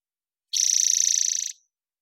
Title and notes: BIRDSong New World Sparrows - Spotted Towhee Song. Spotted Towhee, Pipilo maculatus, parabolic recording. Recorded in the beautiful Pacific Northwest, Washington, United States